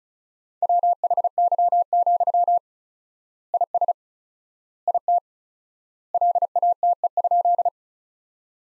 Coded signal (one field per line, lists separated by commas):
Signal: Morse code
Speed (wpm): 36 wpm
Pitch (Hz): 700 Hz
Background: none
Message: WHY, IS IT LATE?